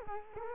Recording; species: mosquito wingbeat signal from an infrared sensor; Culex quinquefasciatus